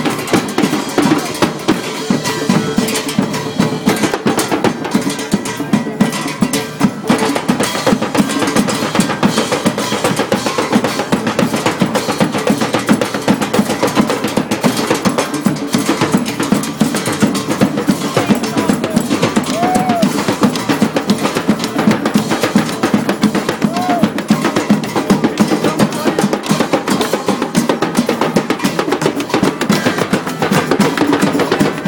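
A drum circle at an outdoor protest plaza: dense, continuous hand drumming with rapid, overlapping hits that never let up for the whole stretch. Voices and crowd chatter mix underneath, with a couple of brief whistles or shouts rising above near the middle.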